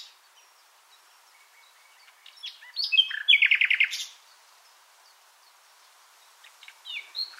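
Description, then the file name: Common nightingale song: a single loud phrase of quick notes leading into a rapid repeated trill, followed by quieter scattered notes. "Luscinia megarhynchos"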